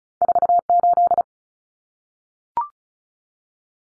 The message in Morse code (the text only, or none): 48